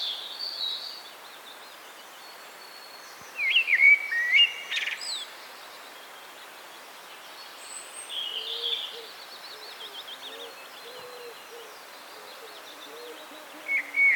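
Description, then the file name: Common blackbird song: a loud mellow whistled phrase with squeaky high twitters near four seconds, softer high notes near eight seconds, and a brief whistle at the end. "Turdus merula"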